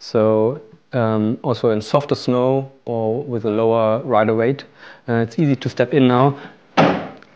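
A ski boot heel is stepped down into a touring ski binding heel piece with reduced step-in force, and it engages with a thunk at 7.2 seconds. Someone talks beforehand, and the binding is seated.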